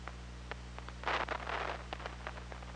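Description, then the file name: Killer whale pulsed sounds, scattered clicks around a loud buzzing burst lasting nearly a second midway, against steady underwater hiss and hum. Recorded on the OrcaLab hydrophone on 24 August 2017, around 22:54. "Orca Lab UTLN JASON 20170824 225402"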